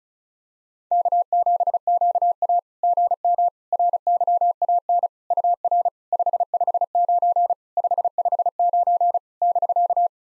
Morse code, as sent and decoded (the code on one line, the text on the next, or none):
-.- --... --.- .- / --. -- / .-. -.-- .- -. / ..- .-. / ..... ..... ----. / ..... ..... ----. / -...-.-
K7QA GM RYAN UR 559 559 <BK>